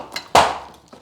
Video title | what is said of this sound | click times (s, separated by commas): Magene 715 power pedals - full review | There you go. They click in really, really positively. | 0.4 s